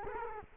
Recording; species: mosquito wingbeat signal from an infrared sensor; Culex quinquefasciatus